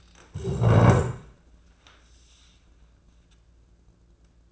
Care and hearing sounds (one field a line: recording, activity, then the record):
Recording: daily activity, microphone in the room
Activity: stand up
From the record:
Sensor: 2